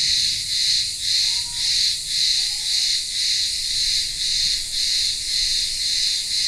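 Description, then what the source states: Cicada chorus buzzing high and pulsing twice a second, with two brief faint tonal sounds early on. Cicadas singing in the midday heat in a village town square on the remote Greek island of Ikaria.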